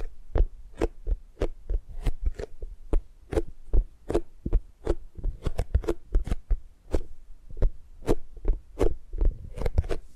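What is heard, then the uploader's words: Tapping and gripping sounds come as a quick, fairly irregular run of short, sharp taps, roughly two or three per second through the whole stretch. Each tap has a dull low thump with a crisp click on top, and a faint low hum sits underneath. ASMR Tapping and Gripping Sounds for Sleep No Talking.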